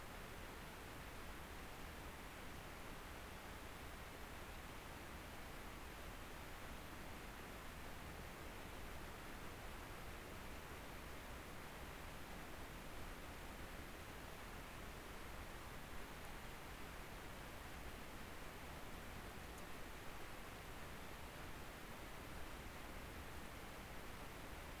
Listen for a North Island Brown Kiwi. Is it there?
no